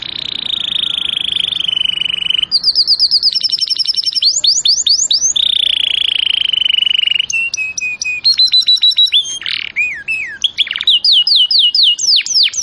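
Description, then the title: Canary song mixing buzzy low trills, fast bright rattles, steep sweeping whistles and varied quick phrases, delivered without a break. Canary song in the luxurious cengkok style; a master recording. "Cengkok Kenari Mewah. MASTERAN KENARI CENGKOK mewah"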